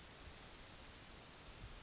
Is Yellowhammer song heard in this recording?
yes